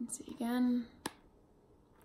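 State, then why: Seated. A replacement plastic lens is being fitted into an Electric Kleveland ski goggle frame. Someone talks briefly, then at 1.0 s the next lens tab is pushed into the frame lip and seats with a sharp, short click. The lens tab is seated.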